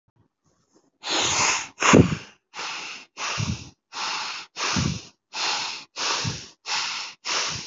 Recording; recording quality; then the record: shallow breathing; excellent, no background noise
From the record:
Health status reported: healthy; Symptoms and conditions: hypertension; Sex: male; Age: 44 years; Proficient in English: yes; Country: India